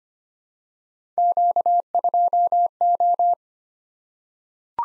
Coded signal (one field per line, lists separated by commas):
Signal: Morse code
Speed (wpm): 25 wpm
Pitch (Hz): 700 Hz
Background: none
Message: Q2O